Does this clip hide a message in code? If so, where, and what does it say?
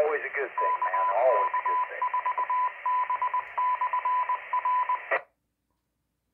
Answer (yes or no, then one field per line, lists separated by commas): yes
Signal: Morse code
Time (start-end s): 0.6-5.0 s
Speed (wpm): 20 wpm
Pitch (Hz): 1000 Hz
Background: speech, radio noise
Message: KK4B/R